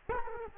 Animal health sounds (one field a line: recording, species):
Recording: mosquito wingbeat signal from an infrared sensor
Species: Culex quinquefasciatus